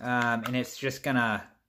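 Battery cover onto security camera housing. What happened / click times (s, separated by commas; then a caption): Handled, not yet home: the cover has not snapped into place / none. Someone talks while handling the plastic back cover with its rubber weather seal, about to press it onto a Blink XT2 security camera body after installing the AA batteries. Nothing has seated or clicked yet; the cover is not yet snapped into place.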